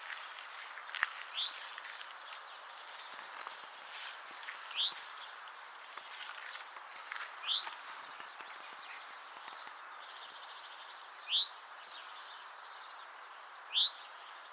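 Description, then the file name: Great tit repeating short high phrases of a level thin note and a fast rising sweep, several times, fainter at first and clearer near the end, with constant hiss. "Parus major"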